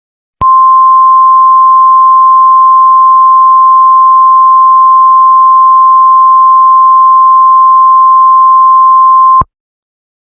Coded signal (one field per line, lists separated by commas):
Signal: Emergency Alert System (SAME) tones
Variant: 1050 Hz attention tone